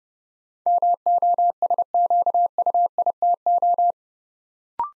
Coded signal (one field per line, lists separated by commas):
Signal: Morse code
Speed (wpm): 30 wpm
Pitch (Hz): 700 Hz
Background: none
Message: MOSQUITO